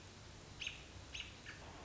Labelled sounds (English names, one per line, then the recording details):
American Robin
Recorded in Sonoma County, California